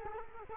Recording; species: mosquito wingbeat signal from an infrared sensor; Culex quinquefasciatus